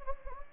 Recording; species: mosquito wingbeat signal from an infrared sensor; Anopheles gambiae